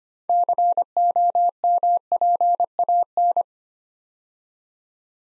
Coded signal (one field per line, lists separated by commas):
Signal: Morse code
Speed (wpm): 25 wpm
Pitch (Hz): 700 Hz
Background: none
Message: COMPAN